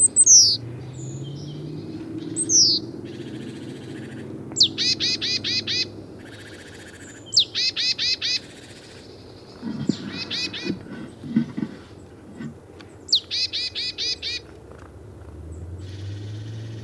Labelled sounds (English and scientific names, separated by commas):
Great Tit (Parus major) call